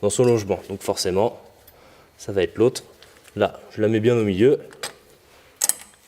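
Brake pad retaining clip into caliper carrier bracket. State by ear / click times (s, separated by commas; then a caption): seated / 5.6 s, 5.7 s. Someone talks while centring a metal anti-rattle retaining clip for a front brake pad in its seat on the caliper bracket of a Peugeot 107 / Citroën C1 / Toyota Aygo; the other clip is not used because its small notch would face the disc and touch it. The clip is then pressed in by hand, and two sharp metallic clicks are heard at 5.6 s and 5.7 s as it snaps home and seats in the bracket.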